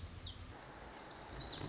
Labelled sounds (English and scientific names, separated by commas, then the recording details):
Lazuli Bunting (Passerina amoena)
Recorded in Sonoma County, California